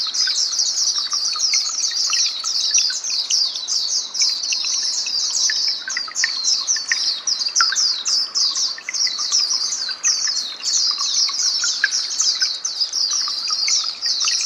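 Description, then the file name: White-eye chatter: fast, thin, high chirps pour out continuously for the whole stretch, with quieter lower twitters below. "mata puteh"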